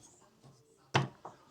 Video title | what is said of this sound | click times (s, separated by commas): Loyoda Swivel Shower Chair with Adjustable Height, Safety Stool | till they snap in. | 1.0 s